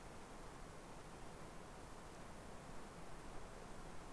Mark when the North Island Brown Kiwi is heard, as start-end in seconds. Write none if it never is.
none